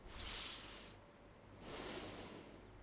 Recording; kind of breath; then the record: one breath in and out by a microphone near the nose and mouth; deep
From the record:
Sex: male